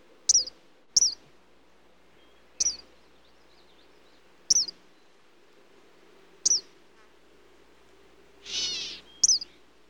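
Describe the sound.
Eastern kingbird uttering six brief, piercing, sputtered call notes at uneven intervals, with a short rustling burst of noise near the end.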